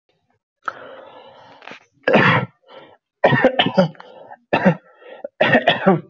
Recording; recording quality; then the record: heavy voluntary cough; moderate, slight background noise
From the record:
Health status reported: healthy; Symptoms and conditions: none ticked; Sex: male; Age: 25 years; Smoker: not ticked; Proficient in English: yes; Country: India